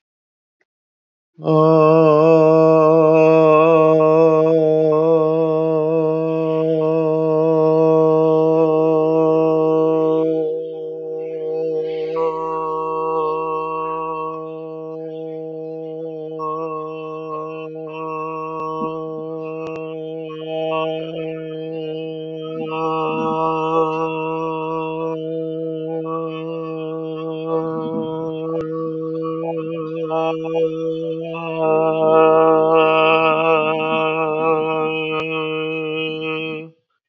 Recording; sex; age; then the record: vowel held as long as possible; male; 30 to 39 years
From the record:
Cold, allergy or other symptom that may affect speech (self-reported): no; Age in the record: 31 years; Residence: Wisconsin, United States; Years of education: 15